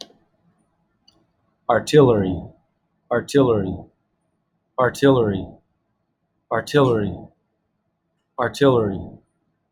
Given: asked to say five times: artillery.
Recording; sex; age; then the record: repeated word; male; 30 to 39 years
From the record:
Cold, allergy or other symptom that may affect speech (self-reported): no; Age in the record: 35 years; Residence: United States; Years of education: 16